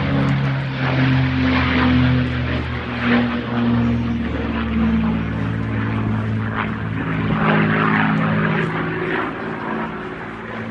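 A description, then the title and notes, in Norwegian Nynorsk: A Spitfire fighter plane's engine drones steadily, with a deep throbbing growl and low tones that waver and shift in pitch over the first half. A rough, hissing roar stays dense throughout, easing slightly toward the end. Jagarfly på Biltema-opning. På opningsdagen kom Biltema sitt eige Spitfire-jagarfly på besøk.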